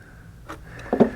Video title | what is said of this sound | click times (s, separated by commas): 🕵🏼 2025 Pride Go-Go Ultra X 3-Wheel (S39) Review | and literally I'm just going to let go and it clicks right into place | 0.9 s, 1.0 s